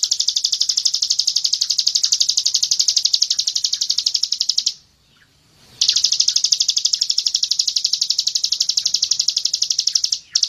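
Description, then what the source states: Bird trill, a sustained fast high buzzy rattle, pausing for about a second midway and resuming unchanged. Masteran recording used as a training model for songbirds.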